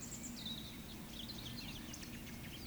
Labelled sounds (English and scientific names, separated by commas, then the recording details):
Eurasian Woodcock (Scolopax rusticola) whistle, Eurasian Woodcock (Scolopax rusticola) croak
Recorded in Baden-Württemberg, Germany, on 14 May 2021 at 19:15 UTC
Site 25175, 602 m above sea level